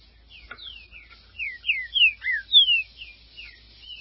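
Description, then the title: Green-winged saltator song: a rapid series of clear, whistled, downslurred notes, loudest in the middle of the phrase, over a quiet background. "Trinca Ferro"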